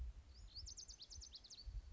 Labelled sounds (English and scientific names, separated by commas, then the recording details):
Lazuli Bunting (Passerina amoena)
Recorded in Sonoma County, California